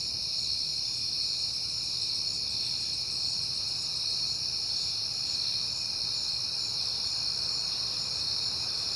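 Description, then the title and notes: Crickets chirping continuously in a shrill, even chorus, with a faint pulsed buzz high above and soft low background noise. Crickets on a peaceful night in September. "Night Time: Crickets and Passing Cars. It is September and I have been hearing the crickets a lot, but finally had a peaceful night to make the recording"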